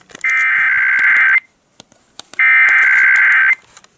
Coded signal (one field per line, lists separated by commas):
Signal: Emergency Alert System (SAME) tones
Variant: header bursts